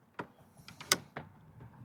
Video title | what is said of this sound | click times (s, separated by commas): Unboxing the Pride Victory 10 Platinum Scooter: Reliable & Travel-Ready! | You want to just make sure that you line those bars up with those hooks and slide it all the way down until you hear a click. | 0.9 s